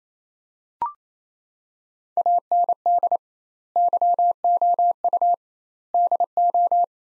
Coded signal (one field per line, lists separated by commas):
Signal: Morse code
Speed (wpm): 28 wpm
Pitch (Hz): 700 Hz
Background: none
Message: AND YOU DO